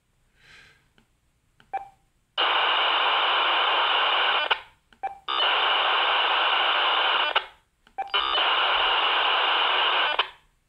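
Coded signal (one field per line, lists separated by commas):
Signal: digital voice data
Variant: GE Aegis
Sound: three bursts of harsh, even hiss, each about two and a half seconds, with short clicks between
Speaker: if I press this of course I will hear the [Applause] you're able to hear the digital modulation of the all of that radio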